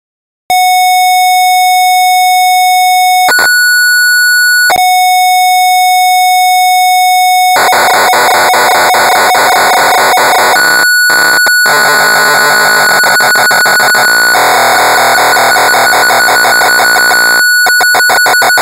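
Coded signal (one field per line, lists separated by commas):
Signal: computer data on cassette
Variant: Amstrad CPC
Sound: steady buzzy lead tone, brief pitch change, then harsh rasping data screech with short breaks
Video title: Fu-Kung in Las Vegas (1985) - Amstrad CPC 464 (Full Tape Rip / Cassette Load)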